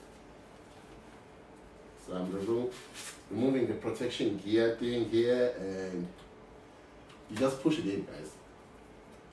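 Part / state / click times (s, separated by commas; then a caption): stroller component into stroller frame mount / not seated / none. A stroller part has its protective packing removed and is being pushed into its mount on the stroller frame while someone talks. The sound is mostly speech over a low, steady background. Nothing has clicked or seated yet when the clip ends.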